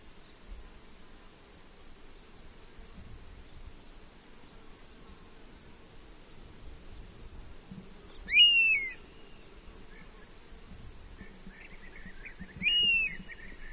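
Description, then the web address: European honey buzzard gives two arched, plaintive whistles about four seconds apart, late on, over quiet background noise. "honey buzzard bird call"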